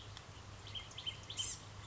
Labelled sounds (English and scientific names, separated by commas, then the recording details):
Blue-gray Gnatcatcher (Polioptila caerulea)
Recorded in Sonoma County, California